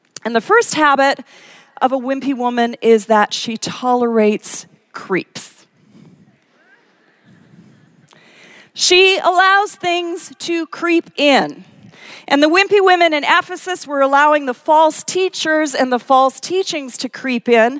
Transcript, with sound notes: And the first habit of a wimpy woman is that she tolerates creeps. (laughter) She allows things to creep in. And the wimpy women in Ephesus were allowing the false teachers and the false teachings to creep in.